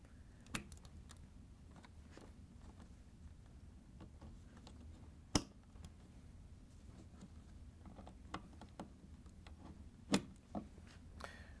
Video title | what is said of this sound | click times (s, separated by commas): How To: LG/Kenmore Main Electronic Control Board EBR34917104 | And you just want to carefully plug these in so you hear them snap in and lock. | 0.6 s, 5.4 s, 10.1 s